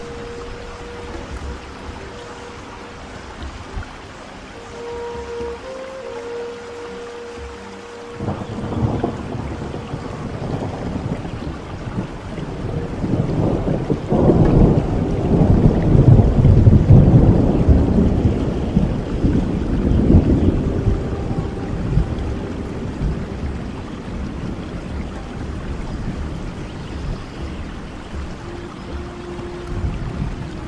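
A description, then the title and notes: Tropical rain hisses steadily throughout, with a faint low hum in the first eight seconds. A deep rolling rumble, like distant thunder, then swells in, peaks around fifteen to twenty seconds, and slowly fades back under the rain. Tropical Rain.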